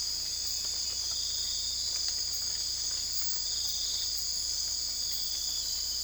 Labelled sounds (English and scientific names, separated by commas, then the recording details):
none
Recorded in dense forest near Puerto Asís, Putumayo, Colombia, on 20 December 2024 at 02:00
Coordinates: 0.485, -76.318
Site GP03